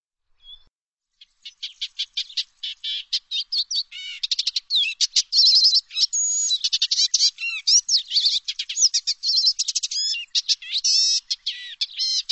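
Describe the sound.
Bird song: a fast, continuous stream of high chirps, trills and short whistles after a brief quiet start, with no other sounds.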